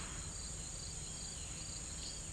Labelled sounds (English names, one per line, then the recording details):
none
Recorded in pastures near Puerto Asís, Putumayo, Colombia, on 26 December 2024 at 17:30
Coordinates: 0.472, -76.329
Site G072